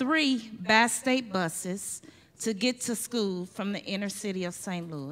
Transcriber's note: none